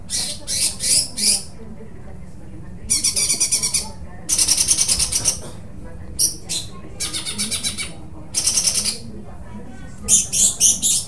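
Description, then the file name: Greater green leafbird song, rapid bright trilled bursts and clipped chattering notes coming in quick succession. Cucak hijau singing with tembakan phrases and parakeet-style besetan phrases, from an Indonesian bird-training recording (omkicau). "cucak hijau dengan tembakan dan besetan parkit omkicau"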